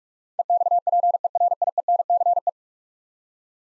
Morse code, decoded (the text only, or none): EXPERIENCE